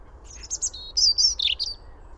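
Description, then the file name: European robin song, a short run of thin, high warbled and trilled notes that rise and fall; quiet background. "Erithacus rubecula"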